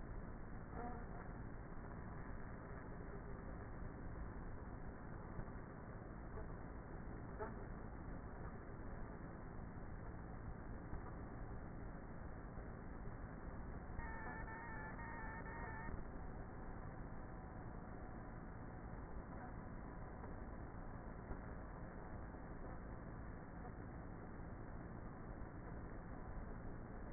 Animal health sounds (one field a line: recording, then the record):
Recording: honeybee colony, microphone inside the hive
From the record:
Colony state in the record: queenless with a low population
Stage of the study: before two queens were removed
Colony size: about 30,000 bees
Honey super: no